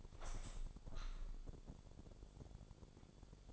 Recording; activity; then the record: daily activity, microphone in the room; open window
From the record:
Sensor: 5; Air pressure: 1000.5 hPa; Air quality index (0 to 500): 148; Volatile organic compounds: 2 ppm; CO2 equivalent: 1133 ppm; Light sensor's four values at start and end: 41/98/41/44 and 41/98/41/44